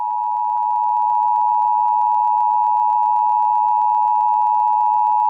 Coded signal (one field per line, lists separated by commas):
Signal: Emergency Alert System (SAME) tones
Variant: 853 and 960 Hz attention tone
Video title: EAS Required Monthly Test Wisconsin NOAA Weather Radio KIG64 Duluth/WNG683 +WeatherSTAR4000